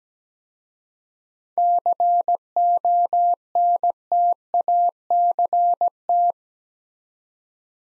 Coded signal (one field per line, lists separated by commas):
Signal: Morse code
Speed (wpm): 17 wpm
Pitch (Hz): 700 Hz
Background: none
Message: CONTACT